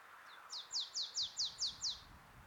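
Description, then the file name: Marsh tit repeating a bright, falling note about six times in quick, regular succession, preceded by two soft introductory notes, against quiet low rumble. "Poecile palustris"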